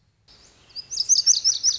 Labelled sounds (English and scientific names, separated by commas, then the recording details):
Lazuli Bunting (Passerina amoena)
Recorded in Sonoma County, California